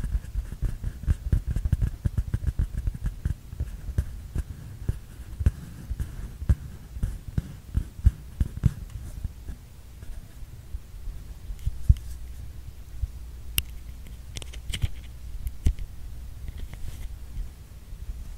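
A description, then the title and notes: A paper tube is handled and tapped, giving dense, irregular dull thumps and crackly scrapes through the first nine seconds. After that the activity thins to a few sharp clicks around 12, 13.5 and 15.5 seconds over a steady low hum. PAPER TUBE SOUND ASMR.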